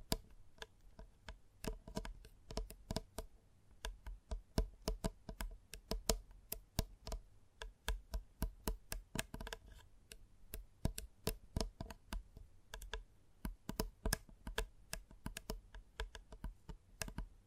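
Gentle tapping with the fingertips, a steady stream of short, crisp taps that land irregularly, sometimes in quick clusters and sometimes with brief gaps. Each tap is sharp and bright with a soft low thud beneath, over a quiet, faintly hissing background.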